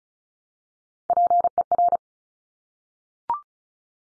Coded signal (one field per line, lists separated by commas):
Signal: Morse code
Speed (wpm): 36 wpm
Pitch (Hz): 700 Hz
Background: none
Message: PER